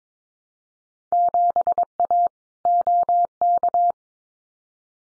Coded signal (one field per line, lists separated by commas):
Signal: Morse code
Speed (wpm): 22 wpm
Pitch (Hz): 700 Hz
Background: none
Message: 7A OK